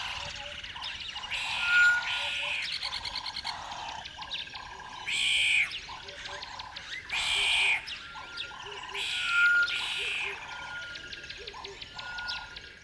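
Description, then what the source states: Birds calling in a dense chorus, with repeated nasal droning notes, high chirps and several loud, hissing bursts of harsher calling. Birds on a river bed at dawn, upset.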